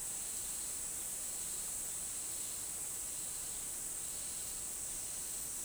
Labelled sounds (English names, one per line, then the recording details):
none
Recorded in dense forest near Puerto Asís, Putumayo, Colombia, on 4 March 2025 at 13:00
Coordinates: 0.499, -76.324
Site GP03